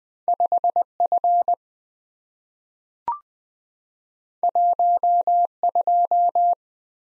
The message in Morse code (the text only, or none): 5F 12